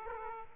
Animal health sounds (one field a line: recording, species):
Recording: mosquito wingbeat signal from an infrared sensor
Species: Aedes aegypti